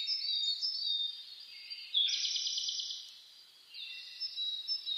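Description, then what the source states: Birds singing together, high whistled phrases and a bright rapid trill standing out midway before the chorus quietens. Dawn chorus (reimei) of birdsong (saezuri), recorded 10 May 2010.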